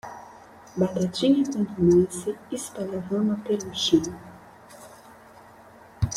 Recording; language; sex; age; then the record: short text; Brazilian Portuguese; female; 30 to 39 years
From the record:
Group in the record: control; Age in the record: 36 years